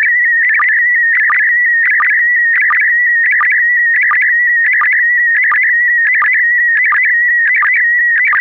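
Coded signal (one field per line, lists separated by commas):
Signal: SSTV (slow-scan television)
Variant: PD90 mode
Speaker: Verder is er morsen en een SSTV-plaatje in PD90. Het laatste is een foto die ik kort voor de uitzending speciaal hiervoor gemaakt heb.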